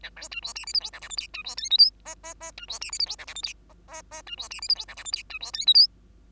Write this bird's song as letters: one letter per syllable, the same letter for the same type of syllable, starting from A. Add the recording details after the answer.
A B C D E F G H I J K L C D M N O P P P C D E F G H I J K L P P P C D E F G H I J K L C D M N O. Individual Bird2